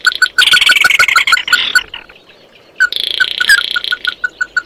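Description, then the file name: Bird calls: a rapid string of short, clipped mid-pitched notes joined by a bright, buzzy trill, a pause, then the buzzing and steady notes return. "Tieng chim mat do"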